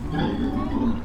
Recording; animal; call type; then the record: contact call of a hoofed animal; wild boar; grunt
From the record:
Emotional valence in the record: negative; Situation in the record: naturally occurring agonistic interactions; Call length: 1.05 s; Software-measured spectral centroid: 1130 Hz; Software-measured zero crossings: 740 a second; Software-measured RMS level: -24 dBFS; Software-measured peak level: -11 dBFS